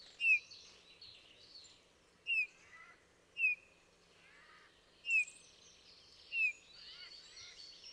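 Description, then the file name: Eurasian bullfinch calls: soft, short whistled notes slurring downward, given every one to two seconds, with faint chirps of other birds behind. "Pyrrhula pyrrhula"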